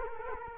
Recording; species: mosquito wingbeat signal from an infrared sensor; Culex quinquefasciatus